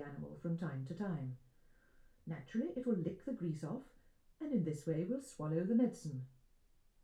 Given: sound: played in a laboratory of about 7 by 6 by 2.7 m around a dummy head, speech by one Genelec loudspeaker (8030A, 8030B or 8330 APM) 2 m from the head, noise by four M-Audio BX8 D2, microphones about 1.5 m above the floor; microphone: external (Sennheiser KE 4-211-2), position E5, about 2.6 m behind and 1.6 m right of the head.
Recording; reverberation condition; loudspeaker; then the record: female speech in English; low; 150 degrees to the right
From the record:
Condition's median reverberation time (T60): about 310 ms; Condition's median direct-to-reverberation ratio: about 3.5 dB